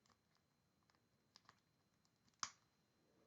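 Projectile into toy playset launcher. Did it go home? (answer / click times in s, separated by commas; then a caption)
yes / 2.4 s. A plastic projectile is turned to the right orientation and pushed into the spring-loaded shooting mechanism of a 1995 Trendmasters Godzilla Attacks New York Giant Playset. It takes effort to get in, with a few faint plastic ticks around 1.4 s and 1.5 s. It then clicks into place with one sharp, loud snap at 2.4 s, seating the projectile.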